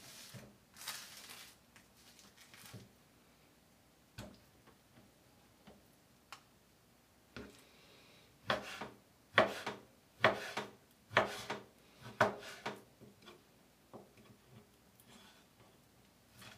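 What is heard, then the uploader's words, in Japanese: Dishes being washed: sharp clinks and clatters of tableware come in scattered bursts, sparse early and denser from about eight seconds onward. 環境音 洗い物2。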